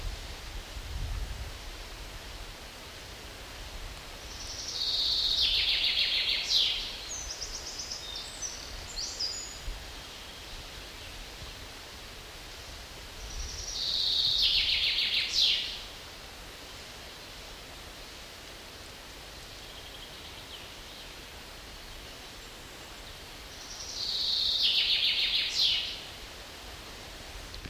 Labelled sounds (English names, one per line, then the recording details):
Common Chaffinch song
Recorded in the wild
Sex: male
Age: adult
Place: Mühlenbecker See, Brandenburg, DE
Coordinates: 52.7, 13.4
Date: 1988-07-10 12:00
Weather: overcast, 17-20°C, winds
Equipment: Sony WM-D6C, Kopie Tesla B 116
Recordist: Tembrock, Günter
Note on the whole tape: Mühlenbecker See, Nordufer, nahe Schloss Dammsmühle. Gesang (zwei Haupttypen)